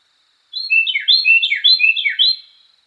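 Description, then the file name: Carolina wren singing a loud, rich series of repeated rolling phrases, each a cluster of down-slurred whistles, delivered rapidly for about two seconds. Song variation 5. "suara-kicauan-burung-carolina-wren-variasi-5-omkicau"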